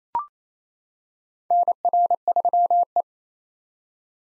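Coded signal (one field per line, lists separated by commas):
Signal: Morse code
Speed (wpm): 28 wpm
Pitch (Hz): 700 Hz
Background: none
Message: NR3E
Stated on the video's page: Morse practice drill of common SOTA chaser call signs at 28 wpm; each call sent twice for head-copy.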